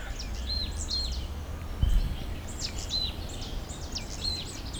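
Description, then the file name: Marsh tit calling with clusters of thin, high, clipped notes in quick series, over a low background rumble and one brief thump. "Poecile palustris"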